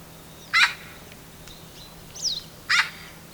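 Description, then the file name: Eurasian magpie giving two short, harsh, rasping calls about two seconds apart, with a brief downward-sweeping note between them. "Pica pica"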